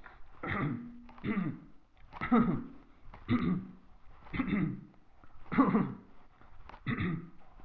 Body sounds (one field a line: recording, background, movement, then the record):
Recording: throat clearing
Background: quiet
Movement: walking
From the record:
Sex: male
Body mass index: 22.0 kg/m2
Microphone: on the chest, facing the body